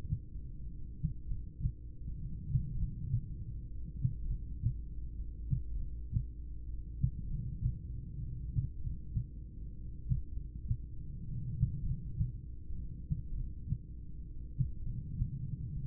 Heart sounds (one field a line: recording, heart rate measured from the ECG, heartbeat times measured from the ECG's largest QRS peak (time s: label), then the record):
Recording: heart sounds by stethoscope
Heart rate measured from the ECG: 40 bpm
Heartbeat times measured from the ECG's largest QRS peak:
1.26 s: heartbeat
2.76 s: heartbeat
4.27 s: heartbeat
5.77 s: heartbeat
7.26 s: heartbeat
8.78 s: heartbeat
10.31 s: heartbeat
11.83 s: heartbeat
13.33 s: heartbeat
14.82 s: heartbeat
From the record:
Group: heart failure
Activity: rest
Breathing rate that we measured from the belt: 14 breaths a minute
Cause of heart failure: idiopathic cardiomyopathy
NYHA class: 4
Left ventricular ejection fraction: 49%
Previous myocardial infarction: absent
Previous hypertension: absent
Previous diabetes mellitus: absent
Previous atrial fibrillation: present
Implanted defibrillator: present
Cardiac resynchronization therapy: present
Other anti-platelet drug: absent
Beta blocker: carvedilol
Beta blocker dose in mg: 25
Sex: male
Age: 48 years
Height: 165 cm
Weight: 141 kg